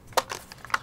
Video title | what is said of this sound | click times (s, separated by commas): Fractal Design Define C TG / MSI X399 Gaming Pro Carbon (Livestream Archive) | You'll push it down, you'll hear a click, and then you're good to go. | 0.2 s, 0.7 s